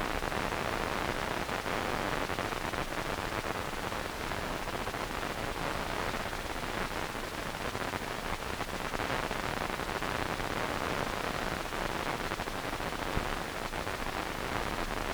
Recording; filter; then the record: brain microelectrode recording played as sound; wide band, above 20 Hz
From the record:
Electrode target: subthalamic nucleus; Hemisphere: right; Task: reaching with the left hand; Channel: 2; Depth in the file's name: 5.102 mm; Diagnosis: Parkinson's disease